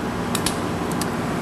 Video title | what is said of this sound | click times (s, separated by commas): DVD 1 General Installations Promo Video | clicks into place and it automatically gives me my positive and negative output | 0.5 s